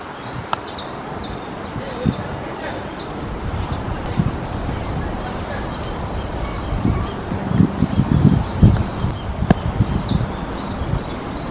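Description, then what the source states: Eastern crowned warbler song: three short high slurred phrases a few seconds apart, over heavy low rumbling noise. Recorded 28 May 2021.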